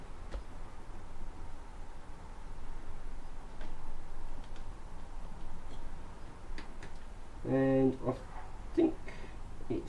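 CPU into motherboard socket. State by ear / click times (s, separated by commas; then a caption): not seated / none. A CPU is dropped onto a motherboard socket and settled into place while someone talks, with only faint handling ticks near 6.6, 6.8 and 9.1 seconds. The socket's retention lever has not been pulled yet, so nothing has clicked or locked.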